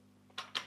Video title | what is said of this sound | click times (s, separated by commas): Vax Air Lift Steerable Pet UCPESHV1 Vacuum Cleaner Product Review | then this hose just clicks back into place on the side that cleaner there and | 0.4 s